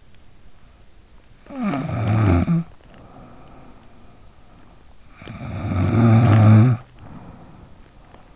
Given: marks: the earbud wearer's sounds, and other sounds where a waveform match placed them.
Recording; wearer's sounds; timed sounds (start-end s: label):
sounds in sleep by an in-ear microphone; snoring breath
0.81-4.36 s: snoring breath
4.93-8.36 s: snoring breath